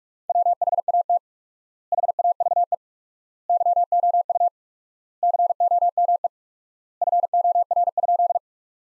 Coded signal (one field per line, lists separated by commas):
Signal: Morse code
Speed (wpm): 42 wpm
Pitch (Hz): 700 Hz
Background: none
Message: WHAT HAVE YOU COME FOR?